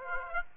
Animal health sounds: mosquito wingbeat signal from an infrared sensor; Aedes aegypti

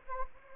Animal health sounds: mosquito wingbeat signal from an infrared sensor; Anopheles gambiae

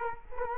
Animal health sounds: mosquito wingbeat signal from an infrared sensor; Culex quinquefasciatus

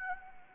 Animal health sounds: mosquito wingbeat signal from an infrared sensor; Anopheles gambiae

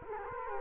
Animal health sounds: mosquito wingbeat signal from an infrared sensor; Culex quinquefasciatus

